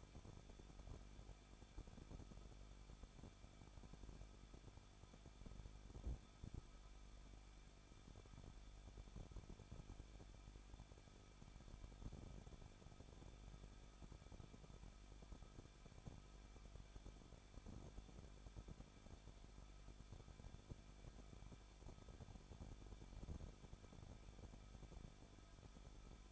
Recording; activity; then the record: daily activity, microphone in the room; no activity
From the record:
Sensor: 5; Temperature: 20.9 degrees Celsius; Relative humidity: 38.2%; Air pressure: 1006.4 hPa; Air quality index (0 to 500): 188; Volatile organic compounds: 18 ppm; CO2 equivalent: 2636 ppm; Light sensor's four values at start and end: 2/3/1/1 and 2/3/1/1